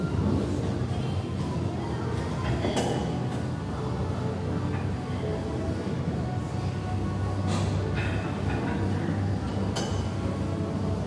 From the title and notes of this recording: Iron Beats and Treadmill Rythm - Energizing and Soothing Ambiance of a Gym. Weight clinks and treadmill swooshes create a unique ambience, offering a sense of calm amidst the hustle.